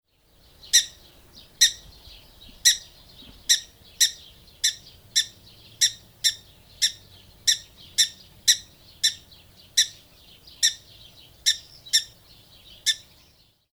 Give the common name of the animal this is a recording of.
Black-tailed Prairie Dog